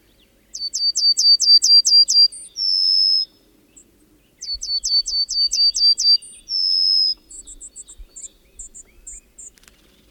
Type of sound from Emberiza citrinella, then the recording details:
song. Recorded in the wild. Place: Ciucurova, Dobrogea, RO. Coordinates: 44.933, 28.483. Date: 1976-05-30. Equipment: Nagra III BH, Sennheiser MD 21, parabola. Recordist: Schubert, Michael